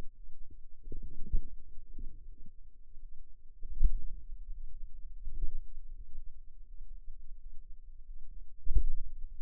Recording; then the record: forearm muscle sounds (acoustic myography)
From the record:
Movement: pen grasping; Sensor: system 2, bracelet of six BSWA MPA416 microphones around the upper forearm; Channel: 6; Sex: female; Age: 23 years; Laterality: right